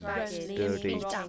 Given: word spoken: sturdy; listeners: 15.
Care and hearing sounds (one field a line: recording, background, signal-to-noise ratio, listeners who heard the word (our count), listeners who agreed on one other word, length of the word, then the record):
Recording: one English word in noise, from a listening test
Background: four-talker babble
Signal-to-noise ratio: 0.6 dB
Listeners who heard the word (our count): 4 of 15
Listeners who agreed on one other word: 9 of 15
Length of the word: 0.89 s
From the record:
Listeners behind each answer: 9, 4, 1, 1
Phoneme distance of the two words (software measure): 27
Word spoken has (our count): 2 syllables, 5 phonemes, stress on syllable 1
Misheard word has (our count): 2 syllables, 4 phonemes, stress on syllable 1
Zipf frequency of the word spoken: 3.42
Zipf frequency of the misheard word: 4.57